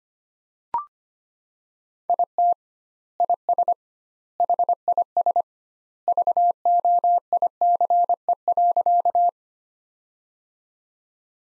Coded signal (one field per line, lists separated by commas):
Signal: Morse code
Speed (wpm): 25 wpm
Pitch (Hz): 700 Hz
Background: none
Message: IT IS HIS VOICE.